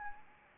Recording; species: mosquito wingbeat signal from an infrared sensor; Anopheles arabiensis